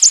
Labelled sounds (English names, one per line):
American Redstart flight call